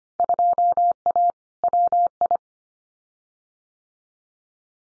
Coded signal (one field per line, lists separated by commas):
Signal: Morse code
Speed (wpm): 25 wpm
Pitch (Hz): 700 Hz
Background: none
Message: 2A WI